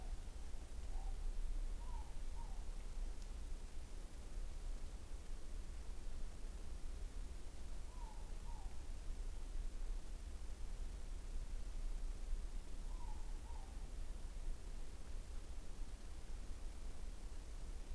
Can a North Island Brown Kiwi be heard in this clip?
no